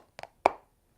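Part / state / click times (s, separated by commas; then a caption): replacement filter into its housing clips / seated / 0.5 s. A replacement filter is pressed in the middle, at an offset corner, into the clips of its housing. Two quiet taps near 0.2 s are followed by a sharp, loud snap at 0.5 s that rings briefly. The filter snaps in and is seated well in its housing.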